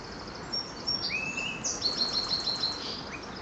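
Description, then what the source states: Sparrow delivering a whistled note, a lower whistle and a rapid trill of repeated bright notes, all over a continuous hiss of surf. Sparrows on an ocean shore.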